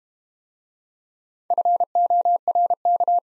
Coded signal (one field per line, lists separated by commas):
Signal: Morse code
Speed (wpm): 30 wpm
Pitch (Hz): 700 Hz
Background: none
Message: FORK